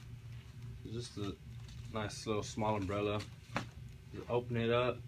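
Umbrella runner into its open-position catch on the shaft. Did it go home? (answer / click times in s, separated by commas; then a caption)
no / none. Someone talks while opening a small umbrella for a photo booth light, pushing its runner up the shaft toward the open-position catch that locks it so it won't close. A brief sharp sound comes at about 3.6 s, but the runner has not yet clicked or seated in its catch by the end of the clip.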